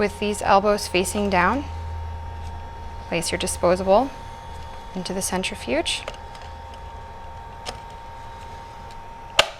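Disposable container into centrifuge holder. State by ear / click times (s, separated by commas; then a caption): seated / 9.4 s. Someone talks while a disposable plastic processing container, elbows facing down, is set into a centrifuge holder over a steady low hum. A faint tap sounds at 7.7 s, then a sharp, loud click at 9.4 s as the container is pressed down and snaps into place.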